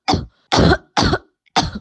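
Four short, forceful cough bursts from an adult in under two seconds, each abrupt and harsh with a rough, throaty quality and no wheeze or whoop between them. A COVID-19 cough, dry and repetitive.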